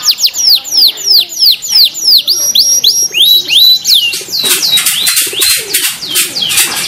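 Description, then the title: Canary song: rapid series of clear whistled notes sweeping down, repeated several times a second, then shifting into brighter, fuller rolling phrases. Small champion canary described as singing persistently ('gacor'). "Kenari Kecil Juara Gacor Nova"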